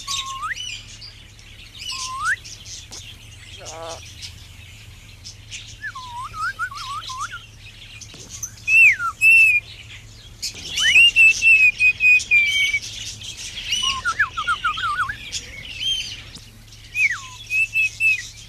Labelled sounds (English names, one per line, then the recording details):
Black-capped Lory call
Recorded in captivity
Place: Zoo Hannover, Niedersachsen, DE
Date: 1974-07-04
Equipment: Halbspur, 9,5 cm/s
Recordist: Lütgens, Hans